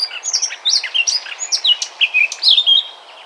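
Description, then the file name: Eurasian blackcap song, a loud, clear run of fluty whistles, many sliding downward, delivered in quick succession. "Sylvia atricapilla"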